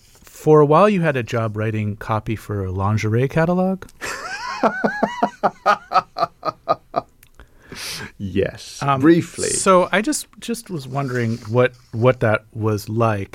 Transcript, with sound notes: For a while, you had a job writing copy for a lingerie catalog.
(Laughter) Yes. Briefly.
So I just was wondering what that was like.